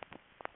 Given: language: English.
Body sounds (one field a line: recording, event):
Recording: throat vibration sensor signal played as sound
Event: swallow